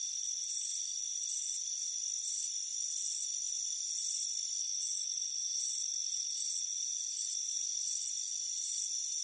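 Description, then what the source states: Cricket chirping: short, very high-pitched pulsed bursts repeating at a steady pace over faint constant high tones. Crickets chirping on a warm afternoon by a front porch.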